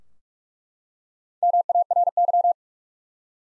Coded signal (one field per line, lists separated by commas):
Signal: Morse code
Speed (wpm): 47 wpm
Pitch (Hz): 700 Hz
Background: none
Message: MARY